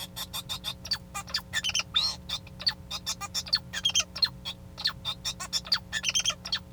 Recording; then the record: song of a male Bengalese finch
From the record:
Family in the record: son of father 2